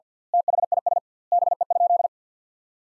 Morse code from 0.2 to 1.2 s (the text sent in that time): THIS